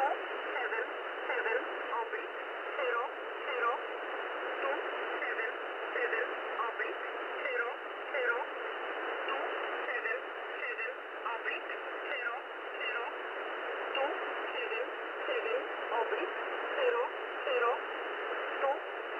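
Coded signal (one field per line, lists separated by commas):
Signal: numbers station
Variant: E11 Oblique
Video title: E11 Oblique | 30th August 2023 | Null Message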